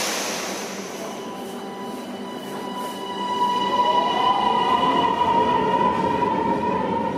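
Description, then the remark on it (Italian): A Milan metro subway train runs with a steady rumbling roar, its wheels giving off high, drawn-out metallic squeals and whines that grow louder halfway through. No one speaks. “Io dico che in metropolitana si ha la sensazione fisica della concittadinanza, del fatto di vivere in una metropoli”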